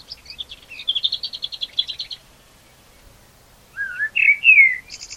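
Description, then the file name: Common blackbird song: a rapid even trill of high notes, a pause, then a few rich warbled whistles ending in a thin high twitter. "Turdus merula"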